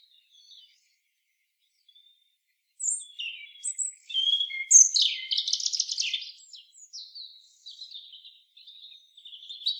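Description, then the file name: European robin song: a long run of thin high warbled phrases, pure whistles mixed with quick trills and rapid sweeps, after near silence, with short pauses between phrases. "Erithacus rubecula"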